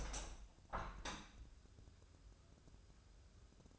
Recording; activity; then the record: daily activity, microphone in the room; open window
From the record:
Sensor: 2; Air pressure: 1014.8 hPa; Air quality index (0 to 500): 48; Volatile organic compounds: 1 ppm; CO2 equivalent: 637 ppm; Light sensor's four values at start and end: 8/19/8/8 and 8/19/8/8